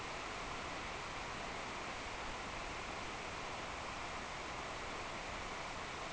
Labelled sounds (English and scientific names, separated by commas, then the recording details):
none
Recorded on Arctic tundra, site NAIT-1, on 26 June 2018
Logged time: 09:00